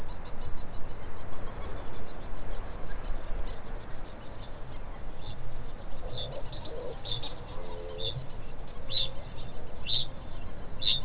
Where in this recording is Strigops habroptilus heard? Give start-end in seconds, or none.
4.90-6.50, 6.91-11.04